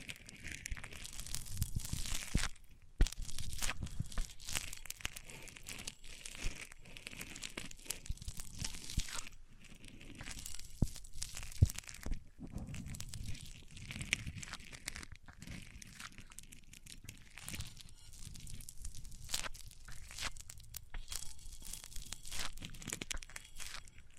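Microphones rubbed across different surfaces give a dense, continuous crinkling and scraping that runs the whole 24 seconds. The texture shifts between rough low rumbling and brighter crackly hiss, with sharper knocks and bumps near 3, 11 and 12 seconds.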